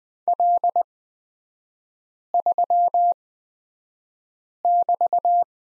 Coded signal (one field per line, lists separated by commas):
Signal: Morse code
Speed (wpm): 20 wpm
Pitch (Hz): 700 Hz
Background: none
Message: L3<BT>